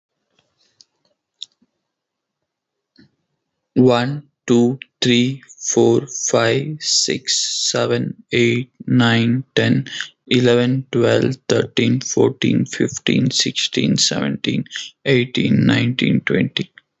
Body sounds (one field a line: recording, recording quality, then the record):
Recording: counting at a normal pace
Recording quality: excellent, no background noise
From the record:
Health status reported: healthy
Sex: male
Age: 30 years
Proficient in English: yes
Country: India